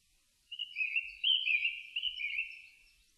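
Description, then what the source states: Japanese thrush singing one rich, fluty warbled phrase of about two and a half seconds, with wavering notes that fade out at the end. Recorded 4 May 2001.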